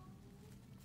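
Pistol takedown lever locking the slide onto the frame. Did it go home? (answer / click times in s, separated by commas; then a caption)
no / none. Handling during reassembly of a Beretta Cougar 8040 D pistol in .40 S&W: the barrel and slide are pushed back onto the frame, the slide is pulled back slightly, and the metal takedown lever is rotated about 45 degrees toward locking the slide onto the frame. Only a steady low rumble and faint rustling are heard with no distinct click, and nothing has seated or locked yet.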